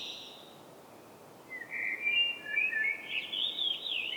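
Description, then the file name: Common blackbird song: the tail of a high note, a short pause, then a warbled, fluting phrase that wavers and carries thin squeaky twitters, over a faint steady hiss. "Turdus merula"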